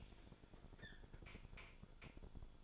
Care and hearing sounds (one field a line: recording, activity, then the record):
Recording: daily activity, microphone in the room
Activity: open fridge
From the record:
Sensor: 5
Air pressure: 1007.9 hPa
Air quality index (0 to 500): 97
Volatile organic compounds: 1 ppm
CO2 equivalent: 761 ppm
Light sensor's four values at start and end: 39/90/37/39 and 41/95/40/41